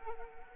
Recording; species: mosquito wingbeat signal from an infrared sensor; Anopheles arabiensis